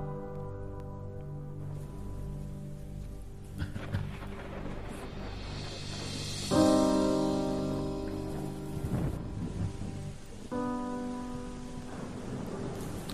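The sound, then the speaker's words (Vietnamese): Heavy rain, falling since the afternoon and still going after 8 pm at night, hisses steadily throughout, blended with sustained low musical tones that swell and shift, and a brief louder surge a little past the midpoint. “Mưa mỗi lúc một lớn, lúc nhỏ, kéo dài từ chiều.”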